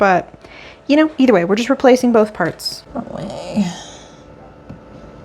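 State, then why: Not seated. Someone talks while handling a new replacement sensor at its mount inside a dishwasher, followed by faint rustling and handling noise. Nothing has seated or clicked into place yet.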